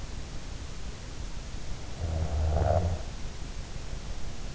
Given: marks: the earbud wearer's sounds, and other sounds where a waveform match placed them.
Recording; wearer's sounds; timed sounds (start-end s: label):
sounds in sleep by an in-ear microphone; snoring breath
1.80-3.40 s: snoring breath